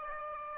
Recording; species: mosquito wingbeat signal from an infrared sensor; Aedes aegypti